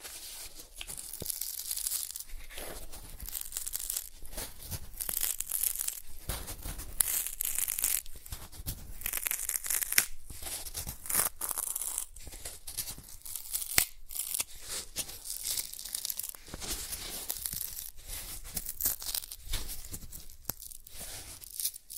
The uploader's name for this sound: Cardboard Scratching, Tracing, Tearing